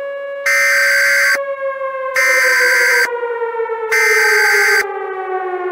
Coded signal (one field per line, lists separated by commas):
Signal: Emergency Alert System (SAME) tones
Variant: header bursts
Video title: EAS Scenario: Irradiated Independence (Part I)